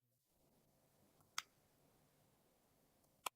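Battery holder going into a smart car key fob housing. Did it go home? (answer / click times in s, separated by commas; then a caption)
yes / 1.4 s, 3.3 s. After its coin cell is replaced, a battery holder is pressed back into the plastic housing of a Mercedes smart car key fob. Two sharp clicks are heard at 1.4 s and 3.3 s over a quiet background. The holder snaps into place and is seated.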